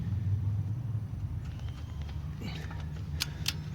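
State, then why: Torque reached. A torque wrench set for about 98 ft-lb tightens the wheel lug nuts on a 2009 Lincoln MKS during a front brake replacement, over a steady low rumble with faint ratcheting and metal handling. The wrench breaks over with two sharp clicks at 3.2 s and 3.5 s, showing the lug nut torque setting has been reached.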